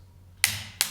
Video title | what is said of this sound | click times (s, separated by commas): 14 Tips How to install camshafts How a Car Works | two we're going in one smooth motion until it clicks | 0.4 s, 0.8 s